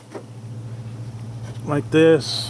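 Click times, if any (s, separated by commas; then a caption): none. A plastic windshield washer spray nozzle is lined up under the car's hood opening, ready to be snapped into the hood panel from the bottom, while someone talks over a steady low hum. Nothing has seated or clicked yet.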